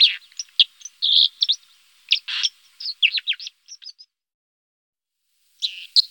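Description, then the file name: White-throated dipper song, a varied jumble of scratchy, buzzy and whistled high phrases, broken by a brief silence before more notes resume. "Wasseramsel"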